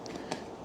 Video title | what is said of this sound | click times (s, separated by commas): Ghostcat F4X Pro 60V 3300W Unboxing SHOCKS Everyone! | Look at that. Pops right in. | 0.1 s, 0.3 s